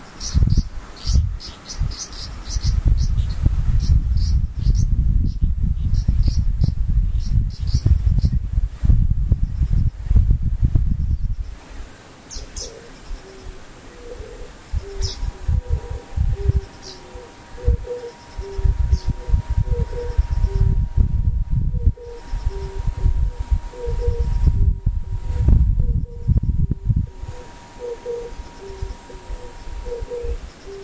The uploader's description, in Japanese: ムシ